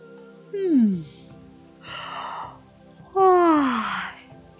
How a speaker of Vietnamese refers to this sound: Mụ vào ngồi chễm chệ đối diện chúng tôi, đưa tay lên miệng che một cái ngáp nhọc mệt, cái thứ ngáp của những người bị phiền nhiễu, rồi hỏi thõng.